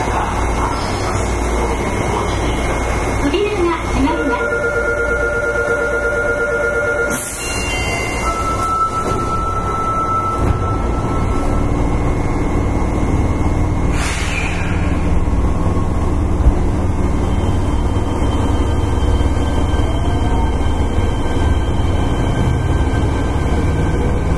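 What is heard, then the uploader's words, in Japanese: A subway train runs at speed, with a dense, steady low rumble throughout. Thin whining tones rise and shift in the first twelve seconds, and brief hissy bursts cut through near seven and fourteen seconds. 福岡市交通局 1000系電車の走行音です。空港線にて収録。区間は福岡空港から姪浜までです。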